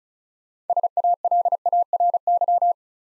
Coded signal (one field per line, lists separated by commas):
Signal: Morse code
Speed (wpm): 34 wpm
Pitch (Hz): 700 Hz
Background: none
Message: SALARY